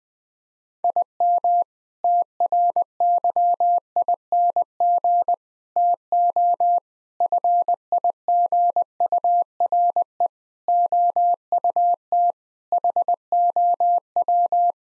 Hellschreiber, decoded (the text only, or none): none